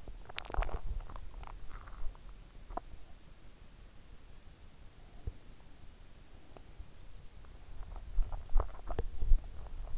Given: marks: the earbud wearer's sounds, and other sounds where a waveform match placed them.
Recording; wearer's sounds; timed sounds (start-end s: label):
sounds in sleep by an in-ear microphone; swallowing
0.00-3.10 s: swallowing
8.07-9.50 s: swallowing